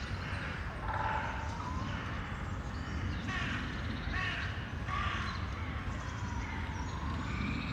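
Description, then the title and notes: Crow or raven: several harsh caws spread throughout over a constant low drone. Corvids, ravens or crows, in Bois de la Cambre, Brussels, Belgium; recorded on Earsight V2 AB microphones into a Zoom F3. "Bois de la Cambre, Bruxelles, Bruxelles-Capitale, Belgique - corvids, woodpeckers planes and joggers. Corbeaux. corneilles, pic épeiche avions et joggers"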